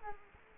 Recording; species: mosquito wingbeat signal from an infrared sensor; Culex quinquefasciatus